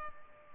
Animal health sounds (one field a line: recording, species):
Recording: mosquito wingbeat signal from an infrared sensor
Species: Culex pipiens